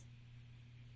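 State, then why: Not seated. A paper-crafting cutting die is handled and pressed toward the back sheet of a die-cutting machine plate. Only a steady low hum and faint broadband hiss are heard, with a brief burst of high hiss at the very start. The die has not popped into place yet, and nothing has seated or clicked.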